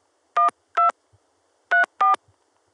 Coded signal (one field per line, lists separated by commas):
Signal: DTMF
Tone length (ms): 140 ms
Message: 12 34